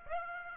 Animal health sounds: mosquito wingbeat signal from an infrared sensor; Aedes aegypti

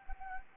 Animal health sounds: mosquito wingbeat signal from an infrared sensor; Anopheles arabiensis

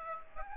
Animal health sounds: mosquito wingbeat signal from an infrared sensor; Aedes aegypti

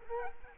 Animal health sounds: mosquito wingbeat signal from an infrared sensor; Culex quinquefasciatus

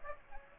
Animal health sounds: mosquito wingbeat signal from an infrared sensor; Aedes aegypti

